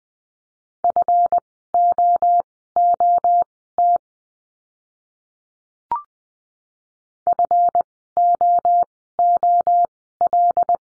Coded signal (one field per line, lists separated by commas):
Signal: Morse code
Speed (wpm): 20 wpm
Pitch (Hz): 700 Hz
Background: none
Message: FOOT FOOL